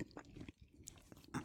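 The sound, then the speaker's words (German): Crunchy bites and chewing of bread, a series of short crisp crackles with soft wet mouth sounds between them, ending in a louder crunch. “Also ich muss jetzt auch zweimal abbeißen vom Brot, dass ich jetzt einigermaßen den Geschmack rauskriege.”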